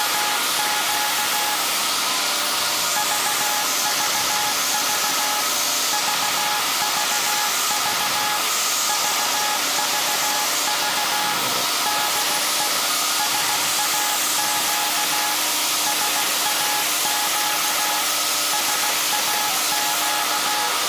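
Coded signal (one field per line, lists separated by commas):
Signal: Morse code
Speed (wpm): 16 wpm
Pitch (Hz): 840 Hz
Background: none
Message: AQ VVV VVV VVV DE SAQ SAQ SAQ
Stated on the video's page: Live transmission of a message from SAQ Grimeton's 1924 Alexanderson alternator at 09:00 UTC on Alexanderson Day.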